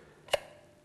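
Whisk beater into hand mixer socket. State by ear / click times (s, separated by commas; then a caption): seated / 0.3 s. A whisk beater is pushed into its socket on a hand mixer and gives one short, sharp click at 0.3 s. The beater is seated and connected, so it will not fall out.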